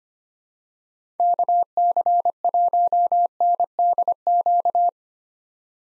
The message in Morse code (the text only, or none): KC1NDQ